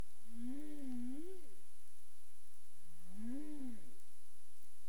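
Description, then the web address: Humpback whale: two arching, harmonic moans that rise then fall, about three seconds apart, over a faint steady high tone. 27 April 2035, 22:59 UTC. "CARIMAM clean data humpback whale"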